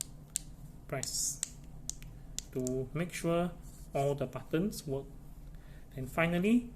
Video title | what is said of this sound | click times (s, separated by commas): Perodua Keyfob Change Battery | and then press until it clicks and then one more time | 0.0 s, 0.4 s